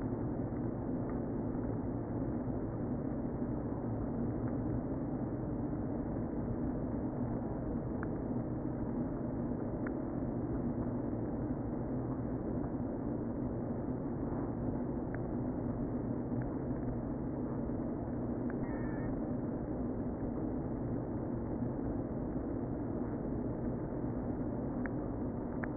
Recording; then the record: honeybee colony, microphone inside the hive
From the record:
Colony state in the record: queen present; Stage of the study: before two queens were removed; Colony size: about 60,000 bees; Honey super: yes